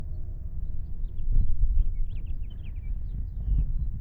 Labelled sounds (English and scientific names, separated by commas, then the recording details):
House Finch (Haemorhous mexicanus) song
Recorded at Oak Beach on Long Island, New York, on 21 May 1975
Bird B